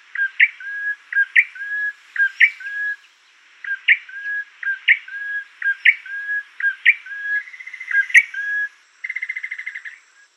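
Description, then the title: Prinia song: phrases of sharp notes followed by a lower whistled note, repeated several times, ending in a fast buzzy trill. "prenjk gnung. suara burung prenjak coki"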